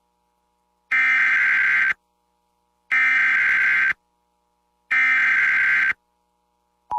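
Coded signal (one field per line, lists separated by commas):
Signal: Emergency Alert System (SAME) tones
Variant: header bursts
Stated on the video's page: Compilation of personally captured EAS alerts from Houston.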